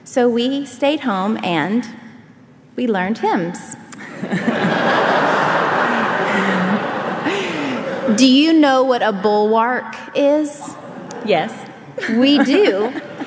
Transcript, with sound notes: So we stayed home, and we learned hymns. (laughter) Do you know what a bulwark is? We do!